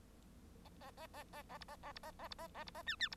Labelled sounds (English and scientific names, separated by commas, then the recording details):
Bengalese Finch (Lonchura striata domestica) song
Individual Bird1